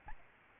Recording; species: mosquito wingbeat signal from an infrared sensor; Aedes albopictus